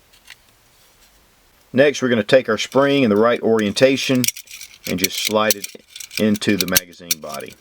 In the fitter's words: now just reinsert your follower and you can do that without a tool it just snaps into place